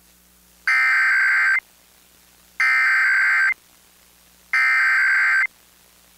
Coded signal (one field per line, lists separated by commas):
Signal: Emergency Alert System (SAME) tones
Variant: header bursts